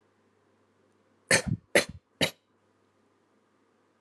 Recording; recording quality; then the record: shallow voluntary cough; excellent, no background noise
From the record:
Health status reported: recovered from COVID-19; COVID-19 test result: positive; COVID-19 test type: RT-PCR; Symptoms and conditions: cough, fatigue, muscle pain, loss of smell and taste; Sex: male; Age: 21 years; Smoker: no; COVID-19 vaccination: both doses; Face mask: not worn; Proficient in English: yes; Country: India